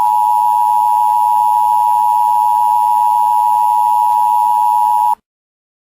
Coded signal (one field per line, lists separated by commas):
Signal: Emergency Alert System (SAME) tones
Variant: 853 and 960 Hz attention tone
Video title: EAS Scenario - 48 hours until impact